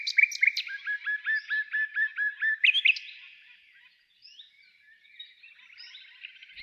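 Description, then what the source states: Nightingale singing: sharp opening notes, then a run of several evenly repeated whistled notes, a burst of higher notes, and after a fade, quieter twittering phrases. Nightingale trill.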